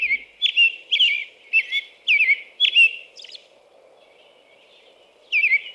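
American robin song: five evenly spaced whistled phrases about half a second apart, a fainter phrase, then a pause and a final phrase.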